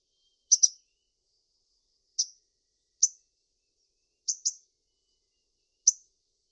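Bird chirps, soft and high-pitched, given singly or in pairs at irregular intervals over a silent background.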